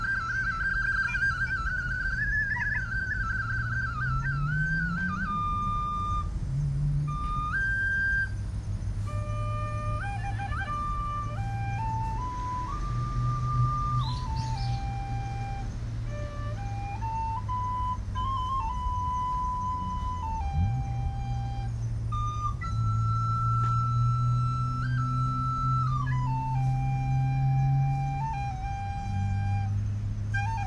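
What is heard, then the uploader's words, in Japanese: A recorder plays a slow melody of long held notes that step up and down, with short pauses between phrases. Underneath runs a steady low rumble, with engine-like hums rising and falling at around 5 and 20 seconds, as traffic passes. 自然とのセッション【リコーダー】。公園でリコーダー吹いてきました。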